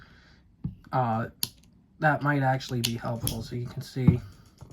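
Someone talks while handling the jaw adjustment joint of a pair of adjustable pliers, moving it toward its locking position slot, with a few faint handling taps near the start. Nothing has seated or clicked into place yet.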